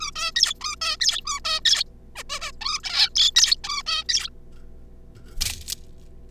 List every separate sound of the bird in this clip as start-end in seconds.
0.01-0.11, 0.15-0.31, 0.35-0.54, 0.61-0.76, 0.81-0.97, 1.00-1.21, 1.25-1.40, 1.45-1.60, 1.65-1.83, 2.16-2.23, 2.29-2.51, 2.61-2.80, 2.84-3.09, 3.15-3.31, 3.36-3.56, 3.64-3.83, 3.87-4.04, 4.09-4.29